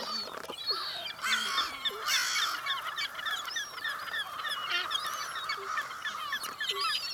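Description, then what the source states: American Crow making strange warbling, bubbling and honking calls in fast uneven runs, with short noisy bursts between. Very weird vocalizations, with some normal calls in the middle; calling at a compost site.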